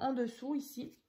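A paper scrapbook album's magnetic flap closure, with magnets hidden under the paper of the small flaps, is being handled while someone talks. Nothing has seated or clicked yet, and the flap has not snapped shut by the end of the clip.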